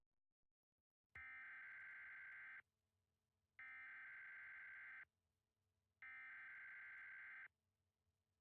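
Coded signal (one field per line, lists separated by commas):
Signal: Emergency Alert System (SAME) tones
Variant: header bursts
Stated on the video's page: Fictional EAS scenario of California severe weather using valid EAS tones.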